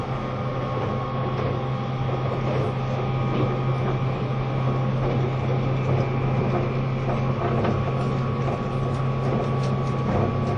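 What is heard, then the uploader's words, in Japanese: Running noise of a moving vehicle, steady and unbroken at an even loudness throughout. A strong low drone sits underneath, with faint whining tones above it. Dense mechanical rattling and small clicks patter through it continuously without a regular beat. E257系 あずさ19号03 甲府～松本。音の旅(走行音)。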